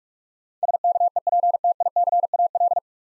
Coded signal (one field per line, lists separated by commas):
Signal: Morse code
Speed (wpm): 42 wpm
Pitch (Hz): 700 Hz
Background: none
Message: SKEPTICAL